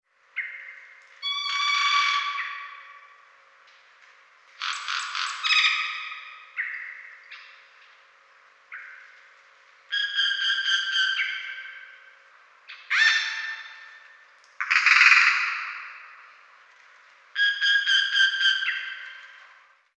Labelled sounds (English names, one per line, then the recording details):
Yellow-rumped Cacique
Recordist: Tembrock, Günter
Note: Rufreihe